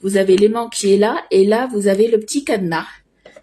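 A woman talks while handling the lid on the bowl of a frozen-dessert and yogurt machine, turning it to line up with the magnet and the lock symbol. After she stops, a few faint handling sounds follow, starting around 3.3 s. Nothing has clicked or seated yet.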